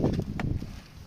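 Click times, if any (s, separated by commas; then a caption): none. A plastic cap or filter is being handled at the intake pipe of a Vevor 5 kW diesel heater, where it clips on with a quarter turn. Low rumbling handling noise is heard, with soft knocks around 0.2 s and 1.1 s and a sharper tap at 0.4 s. Nothing has seated or clicked yet.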